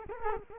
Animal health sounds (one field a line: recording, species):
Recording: mosquito wingbeat signal from an infrared sensor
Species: Culex quinquefasciatus